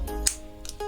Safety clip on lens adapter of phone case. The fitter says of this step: Okey. Dia dah lock kat sini barulah dia pasang dia punya lens